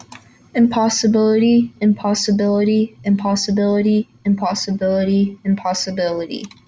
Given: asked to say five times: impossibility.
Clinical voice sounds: repeated word; female; 18 to 19 years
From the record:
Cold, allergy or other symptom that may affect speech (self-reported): no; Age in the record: 19 years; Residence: Kentucky, United States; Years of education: 13

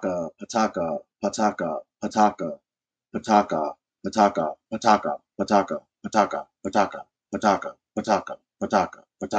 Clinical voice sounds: repeated syllables /pa ta ka/; male; 30 to 39 years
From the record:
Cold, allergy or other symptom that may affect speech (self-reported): no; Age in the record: 35 years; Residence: Ohio, United States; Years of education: 16

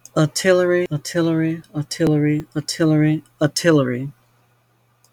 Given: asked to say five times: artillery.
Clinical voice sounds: repeated word; female; 40 to 49 years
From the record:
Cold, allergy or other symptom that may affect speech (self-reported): no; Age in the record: 46 years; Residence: Mississippi, United States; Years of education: 15

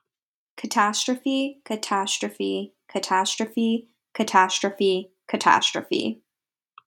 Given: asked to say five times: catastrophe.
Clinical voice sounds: repeated word; female; 20 to 29 years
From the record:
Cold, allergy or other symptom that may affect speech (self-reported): no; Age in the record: 22 years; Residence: Pennsylvania, United States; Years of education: 17

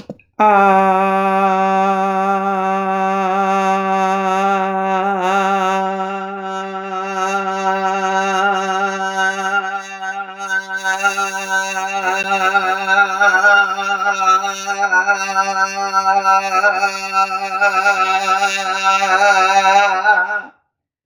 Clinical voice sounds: vowel held as long as possible; female; 50 to 59 years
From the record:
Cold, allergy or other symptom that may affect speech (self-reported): no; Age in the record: 50 years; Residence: Alabama, United States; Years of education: 16

